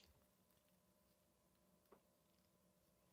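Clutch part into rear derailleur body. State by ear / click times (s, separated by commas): not seated / none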